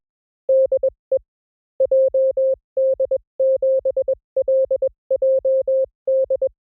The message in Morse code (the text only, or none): DE JD7LJD